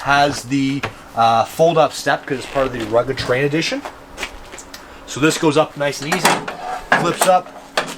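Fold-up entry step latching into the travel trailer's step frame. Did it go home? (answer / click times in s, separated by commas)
no / none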